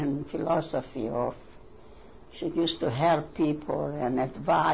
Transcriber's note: none